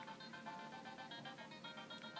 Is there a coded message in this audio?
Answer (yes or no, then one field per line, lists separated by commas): no